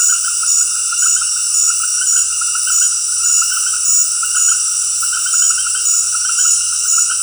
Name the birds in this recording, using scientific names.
none